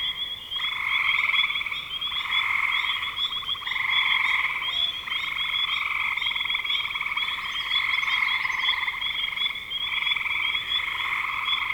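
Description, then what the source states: Frogs calling in a dense chorus, pulsed trilling notes layered in steady overlapping bands that swell and dip, with a thin high buzz running throughout. Recorded in spring 2025.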